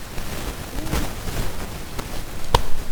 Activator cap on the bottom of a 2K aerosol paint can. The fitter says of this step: little click that just happened and you can you'll feel this